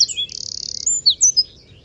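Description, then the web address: Bird calls: sharp high chirps, a sustained high buzzy trill, then several quick high notes over a faint low rumble. "Deverinetal 2025 File origin Bird Only"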